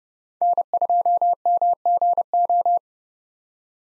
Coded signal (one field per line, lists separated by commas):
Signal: Morse code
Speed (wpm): 30 wpm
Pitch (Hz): 700 Hz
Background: none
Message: N2MGO